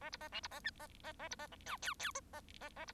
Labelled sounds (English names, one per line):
Bengalese Finch song